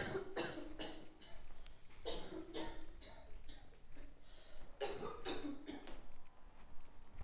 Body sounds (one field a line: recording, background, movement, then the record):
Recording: deep breathing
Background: a bystander coughing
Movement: walking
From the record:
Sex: male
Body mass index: 20.5 kg/m2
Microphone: on the chest, facing outward